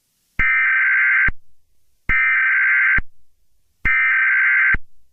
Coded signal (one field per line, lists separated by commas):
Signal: Emergency Alert System (SAME) tones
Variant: header bursts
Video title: Jimmy’s vacuuming video gets interrupted by an EAS test